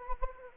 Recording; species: mosquito wingbeat signal from an infrared sensor; Anopheles arabiensis